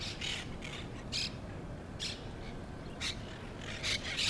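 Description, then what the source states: Parrots giving separate harsh squawks, singly or in short pairs, with short quiet gaps between them. Recorded in Brooklyn.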